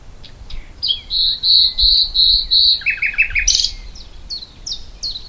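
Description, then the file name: Common nightingale song with long pure whistled notes repeated, then a quick rattling trill and several sharp chirps. "Luscinia megarhynchos"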